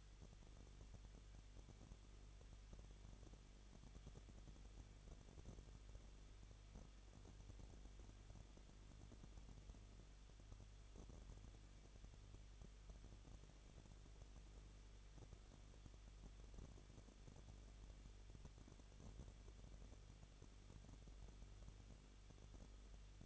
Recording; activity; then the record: daily activity, microphone in the room; no activity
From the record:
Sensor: 4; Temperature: 23.0 degrees Celsius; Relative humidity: 34.3%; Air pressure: 1007.3 hPa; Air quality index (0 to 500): 216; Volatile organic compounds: 15 ppm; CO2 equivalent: 2503 ppm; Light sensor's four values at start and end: 2/3/1/1 and 2/3/1/1